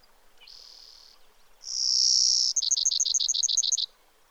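Brewer's sparrow song: a soft high buzz, then a loud, longer buzz, ending in a run of quick, high chipping notes.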